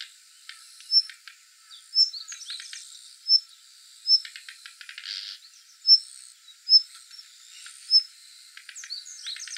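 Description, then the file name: Daurian redstart giving sharp, piercing high whistle notes roughly every second, interspersed with runs of quick clicking ticks; constant shrill insect drone behind. Recorded in Hyogo on 8 August 2016. "jobitakic hyogo kuroda"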